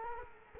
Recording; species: mosquito wingbeat signal from an infrared sensor; Culex quinquefasciatus